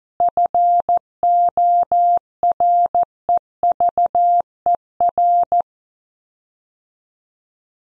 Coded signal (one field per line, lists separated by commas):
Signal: Morse code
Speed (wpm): 14 wpm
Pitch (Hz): 700 Hz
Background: none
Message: FOREVER